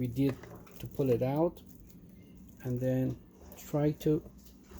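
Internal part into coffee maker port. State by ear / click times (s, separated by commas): not seated / none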